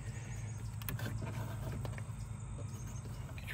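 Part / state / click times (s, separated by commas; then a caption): retaining clip into its mount in the engine bay / seated / 0.9 s. In the engine bay of a Volkswagen Beetle, during a coolant temperature sensor replacement, a retaining clip is pressed home into its mount by hand with the fingers. A sharp click is heard at 0.9 s over a steady low hum, with a few fainter ticks afterwards. The clip is confirmed seated.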